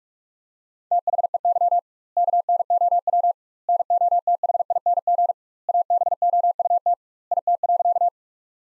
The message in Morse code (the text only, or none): THEY KNOW NOTHING ABOUT IT.